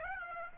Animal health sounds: mosquito wingbeat signal from an infrared sensor; Aedes aegypti

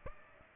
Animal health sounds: mosquito wingbeat signal from an infrared sensor; Aedes aegypti

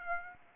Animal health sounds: mosquito wingbeat signal from an infrared sensor; Aedes aegypti

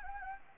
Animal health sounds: mosquito wingbeat signal from an infrared sensor; Anopheles gambiae

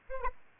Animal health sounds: mosquito wingbeat signal from an infrared sensor; Aedes albopictus

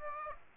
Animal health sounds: mosquito wingbeat signal from an infrared sensor; Aedes aegypti

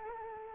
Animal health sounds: mosquito wingbeat signal from an infrared sensor; Anopheles arabiensis

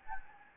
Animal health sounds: mosquito wingbeat signal from an infrared sensor; Anopheles gambiae

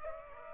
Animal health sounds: mosquito wingbeat signal from an infrared sensor; Aedes aegypti

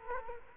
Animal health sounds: mosquito wingbeat signal from an infrared sensor; Culex quinquefasciatus

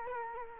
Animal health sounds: mosquito wingbeat signal from an infrared sensor; Culex quinquefasciatus

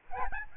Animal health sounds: mosquito wingbeat signal from an infrared sensor; Aedes albopictus

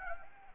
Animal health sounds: mosquito wingbeat signal from an infrared sensor; Anopheles gambiae

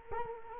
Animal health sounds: mosquito wingbeat signal from an infrared sensor; Culex quinquefasciatus

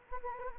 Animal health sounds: mosquito wingbeat signal from an infrared sensor; Anopheles gambiae

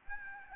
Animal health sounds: mosquito wingbeat signal from an infrared sensor; Aedes albopictus

